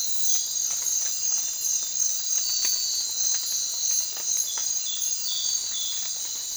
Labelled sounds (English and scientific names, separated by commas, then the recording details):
none
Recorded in secondary vegetation near Puerto Asís, Putumayo, Colombia, on 19 March 2025 at 01:00
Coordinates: 0.499, -76.323
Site G094